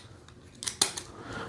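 A second side grip is popped into the other side of a SmallRig iPhone camera cage. After a few faint ticks, a pair of sharp clicks at about 0.6 and 0.7 seconds leads into the loudest snap at 0.8 seconds, followed by a softer click near 1.0 second. The grip seats in place with the snap at 0.8 seconds.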